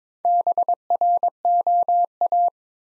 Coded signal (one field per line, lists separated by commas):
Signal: Morse code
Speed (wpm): 22 wpm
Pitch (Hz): 700 Hz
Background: none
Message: BROA